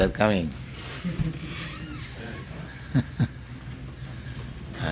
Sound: laughs

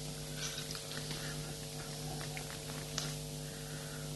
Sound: laughs

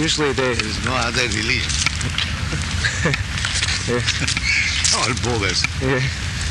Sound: laughs

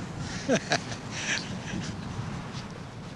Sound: laughing

